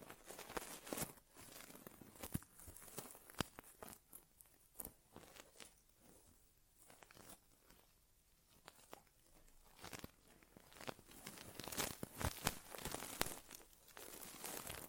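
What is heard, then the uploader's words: An inner ear exam performed as ASMR, filled with dense crinkling and crumpling close against the microphone. Sharp snapping clicks punctuate it irregularly, clustering near the start and again around twelve seconds, with a quieter stretch between six and nine seconds. ASMR Inner Ear Exam (No Talking).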